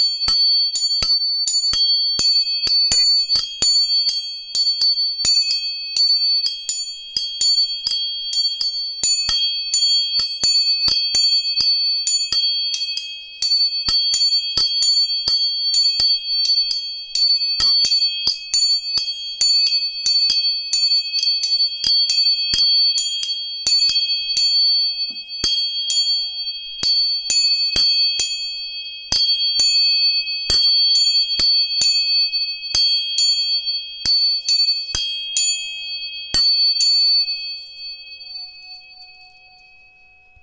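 Three tuning forks are struck over and over in quick, uneven succession, each hit a sharp metallic tap followed by a sustained high, pure ring. Several steady pitches hang together throughout, with a faint lower tone beneath. Striking stops near thirty-six seconds, leaving the tones fading out.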